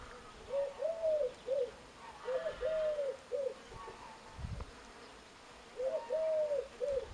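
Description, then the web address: Bird giving soft dove-like coos in short phrases of three notes, three phrases with a pause and a brief dull thump between them, against a constant hiss. "2025 File origin Bird Only"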